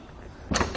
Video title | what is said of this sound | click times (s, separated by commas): etrailer - Is the Thule Apex XT Bike Rack for 4 Bikes Compatible with the 2019 Subaru Outback Wagon? | felt it up until it locks | 0.6 s